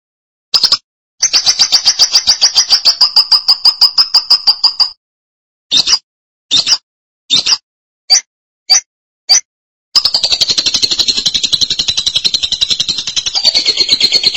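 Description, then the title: Lovebird song: a long, rapid, buzzy high trill, then several short separate chirps, then another extended harsh chattering trill. "BM Suara Burung Lovebird"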